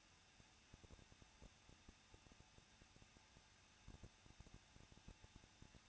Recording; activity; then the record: daily activity, microphone in the room; no activity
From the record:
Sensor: 2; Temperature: 21.0 degrees Celsius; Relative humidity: 37.6%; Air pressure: 1006.2 hPa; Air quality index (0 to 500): 224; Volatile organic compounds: 25 ppm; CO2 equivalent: 2843 ppm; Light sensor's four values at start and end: 2/3/2/2 and 2/3/2/2